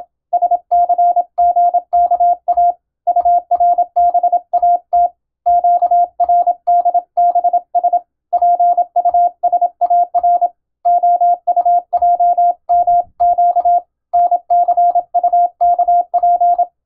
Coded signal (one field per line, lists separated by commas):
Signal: Morse code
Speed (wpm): 26 wpm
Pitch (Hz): 700 Hz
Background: none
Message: SCGKA URBAT QRDBS PUSAR OUJMQ NCUKP